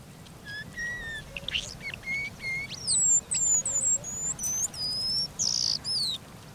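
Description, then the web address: Eastern paradise whydah calls: a few lower whistled notes first, then a run of thin, very high whistles. Species found in East Africa. "Birdnote. Paradise Whydah"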